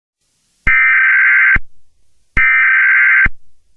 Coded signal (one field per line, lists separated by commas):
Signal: Emergency Alert System (SAME) tones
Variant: header bursts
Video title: EAS Scenario 3: Just Monika.